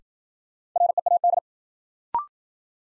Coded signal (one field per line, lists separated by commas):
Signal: Morse code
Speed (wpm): 53 wpm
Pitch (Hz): 700 Hz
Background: none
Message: READ